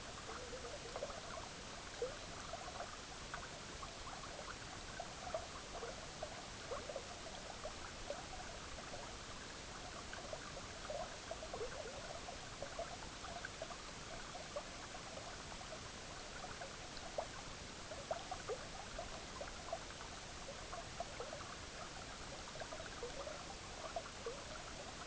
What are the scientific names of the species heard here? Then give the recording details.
Calcarius lapponicus. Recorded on Arctic tundra, site EABA-MC, on 18 June 2019. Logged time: 10:00